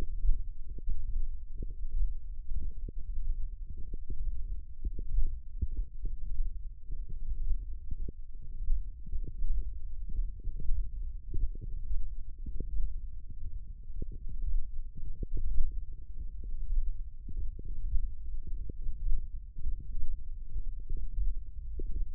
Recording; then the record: forearm muscle sounds (acoustic myography)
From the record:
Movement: hand closing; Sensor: system 1, eight BSWA MPA416 microphones around the upper forearm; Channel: 6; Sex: female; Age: 22 years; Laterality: right